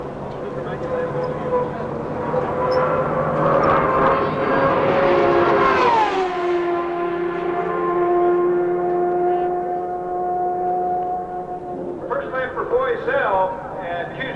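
Engine noise at Phoenix International Raceway, a loud steady roar with a rising whine that peaks and then drops sharply around six seconds, like a car passing. A lower steady drone follows, and near twelve seconds a fresh, buzzier sound rises briefly.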